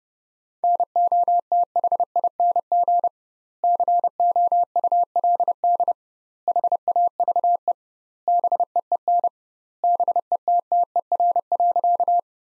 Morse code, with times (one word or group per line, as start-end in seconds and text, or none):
0.6-3.1 NOTHING
3.6-5.9 COULD
6.5-7.7 HAVE
8.3-9.3 BEEN
9.8-12.2 BETTER.